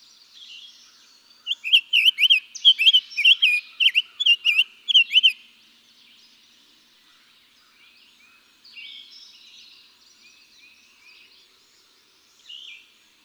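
Summer tanager song: a dense run of about a dozen rising and falling whistled notes midway, with faint bird chatter before and after.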